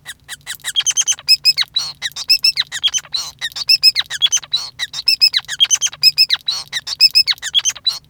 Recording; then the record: song of a male Bengalese finch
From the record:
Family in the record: son of father 5